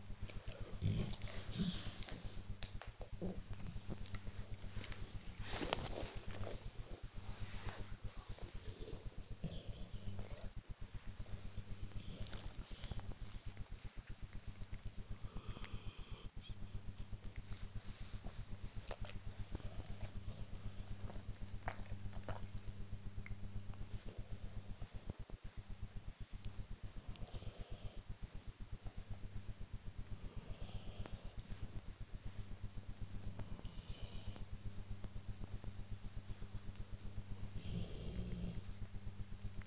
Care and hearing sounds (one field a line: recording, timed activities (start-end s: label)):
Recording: household activities, microphone on the right wrist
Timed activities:
0.00-39.67 s: petting the dog